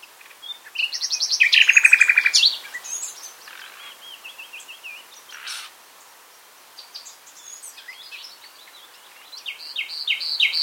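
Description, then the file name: Common nightingale song opening with a loud, fast, rhythmic rattle, then softer looping whistles and a louder stuttering phrase of repeated notes near the end. "Luscinia megarhynchos"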